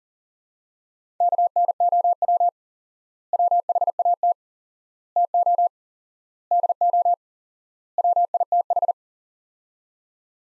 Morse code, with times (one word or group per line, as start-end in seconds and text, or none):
1.2-2.5 KNOW
3.3-4.3 WHAT
5.2-5.7 TO
6.5-7.1 DO
8.0-8.9 WITH